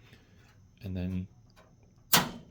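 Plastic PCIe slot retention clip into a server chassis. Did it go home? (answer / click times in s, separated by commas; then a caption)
yes / 2.1 s. Someone talks while reinstalling a plastic PCIe slot retention clip (part 3J398) into the chassis of a Dell PowerEdge T610 server. With the bottom locking clip already pushed in, the top side is pushed until it locks with a sharp snap at 2.1 s. The clip locks into place.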